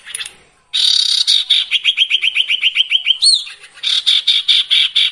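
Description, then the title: Sirtu song: a short burst, a gap, then a long run of rapid, evenly spaced notes followed by harsh buzzy pulses. Training recording for songbirds with the full variation of sirtu phrases. "Masteran Sirtu Full Variasi"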